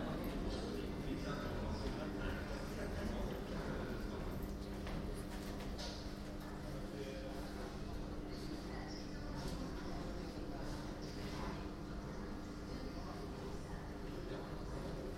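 A steady, dense rumble fills a metro ride, with a low drone and faint sustained tones running underneath the whole time. Muffled voices murmur in the background, and scattered clicks and brief bright scrapes come through every few seconds, loudest around the sixth and eleventh seconds.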